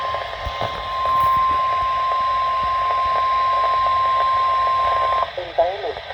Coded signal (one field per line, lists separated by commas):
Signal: Emergency Alert System (SAME) tones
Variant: 1050 Hz attention tone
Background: speech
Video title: EAS 311 - 315: Crappy Reception during Tornado event